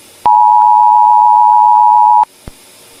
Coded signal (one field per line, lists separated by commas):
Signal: Emergency Alert System (SAME) tones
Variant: 853 and 960 Hz attention tone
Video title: Poorly made EAS scenario (The Crucible)